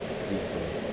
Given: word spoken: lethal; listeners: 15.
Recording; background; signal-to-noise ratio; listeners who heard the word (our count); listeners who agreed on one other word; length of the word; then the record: one English word in noise, from a listening test; speech-shaped noise; -4.4 dB; 1 of 15; 9 of 15; 0.53 s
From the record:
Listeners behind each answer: 9, 1, 1, 1, 1, 1, 1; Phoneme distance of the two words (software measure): 20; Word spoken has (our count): 2 syllables, 4 phonemes, stress on syllable 1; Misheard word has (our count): 2 syllables, 4 phonemes, stress on syllable 1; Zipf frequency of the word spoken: 3.86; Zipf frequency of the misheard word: 6.35